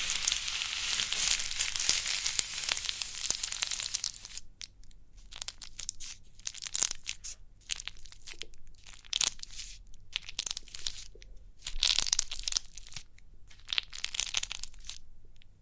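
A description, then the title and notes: Crinkly pimple popping: for the first four seconds a dense, bright crinkling rustle runs without a break. After that it thins into scattered sharp crackles and snaps, coming in irregular clusters every second or so, over a faint low steady hum. Crinkly Pimple Popping.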